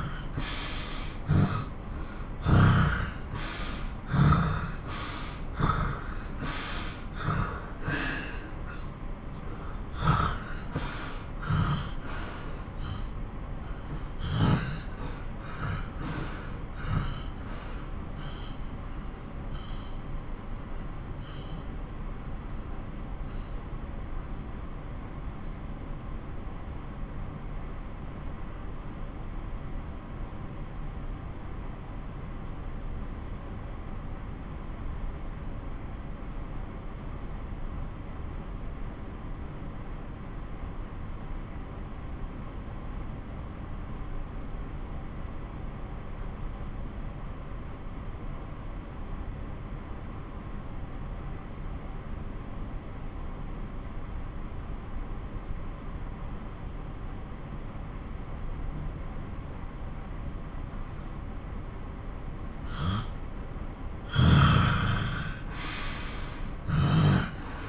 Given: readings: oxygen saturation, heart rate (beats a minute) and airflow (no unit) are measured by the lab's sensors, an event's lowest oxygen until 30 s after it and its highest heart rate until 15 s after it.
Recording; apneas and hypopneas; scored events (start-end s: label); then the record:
breathing in sleep by a smartphone at the bedside; 1
18.00-48.00 s: new sleep stage, N2 (light sleep)
18.00-61.80 s: obstructive apnea (N1, oxygen 93% highest, then 88% lowest)
48.00-67.69 s: new sleep stage, N1 (lightest sleep)
From the record:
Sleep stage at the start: N1 (lightest sleep); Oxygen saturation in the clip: 81 to 93%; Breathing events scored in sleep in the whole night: 217 in 6.3 hours asleep